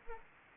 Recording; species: mosquito wingbeat signal from an infrared sensor; Anopheles arabiensis